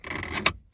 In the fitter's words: See here, a little click like that,